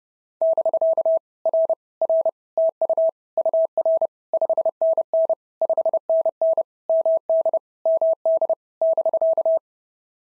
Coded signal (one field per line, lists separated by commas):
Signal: Morse code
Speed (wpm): 30 wpm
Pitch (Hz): 650 Hz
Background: none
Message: <BK> R R TU UR 5NN 5NN MD MD <BK>